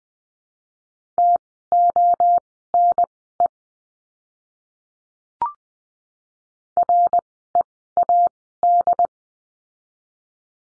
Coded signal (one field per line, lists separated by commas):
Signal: Morse code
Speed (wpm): 20 wpm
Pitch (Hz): 700 Hz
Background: none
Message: TONE READ